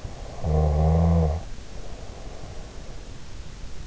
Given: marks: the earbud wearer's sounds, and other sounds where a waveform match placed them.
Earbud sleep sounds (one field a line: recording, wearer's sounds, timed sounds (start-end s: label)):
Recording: sounds in sleep by an in-ear microphone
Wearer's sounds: snoring breath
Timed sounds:
0.21-3.19 s: snoring breath